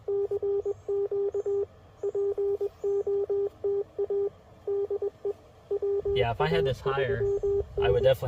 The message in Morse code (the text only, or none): CQ POTA DE WA3N